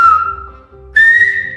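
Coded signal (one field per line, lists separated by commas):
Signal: whistled language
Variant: Silbo Gomero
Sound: two sustained whistles, a lower falling tone then a higher steady tone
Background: faint low hum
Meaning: The lower whistle is the vowel A, the higher one the vowel E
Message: A, E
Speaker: For example, this is what the vowel A sounds like versus the vowel E.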